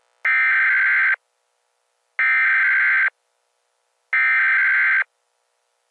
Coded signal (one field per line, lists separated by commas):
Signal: Emergency Alert System (SAME) tones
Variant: header bursts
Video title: EAS Scenario #2: Subzero Wasteland